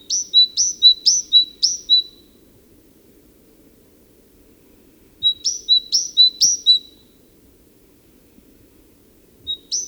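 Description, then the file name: Great tit song: see-sawing two-note phrases in strophes of four and three, separated by long pauses, with one more phrase starting at the end; quiet background. "Parus major"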